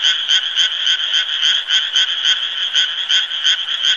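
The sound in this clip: Frogs give a continuous pulsed croak, rhythmic bursts about three to four per second, unbroken for the whole stretch.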